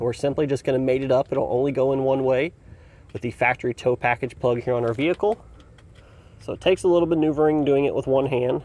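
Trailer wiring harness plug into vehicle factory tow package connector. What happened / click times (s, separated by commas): The plug is being worked onto its connector but has not clicked home / none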